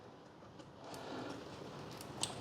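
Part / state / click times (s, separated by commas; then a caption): power cable connector into GPU/board socket / seated / 2.2 s. A stiff power cable connector is wiggled, pulled out and pushed back into a GPU/board socket, with a low handling rustle that grows louder from about 0.9 s. A faint tick at about 2.0 s is followed by a sharp latch click at 2.2 s as the connector seats.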